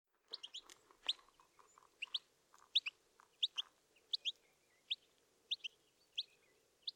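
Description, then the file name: European goldfinch calls: bright, high twittering chirps in quick pairs and triplets, with some lower, softer notes mixed in. "Carduelis carduelis"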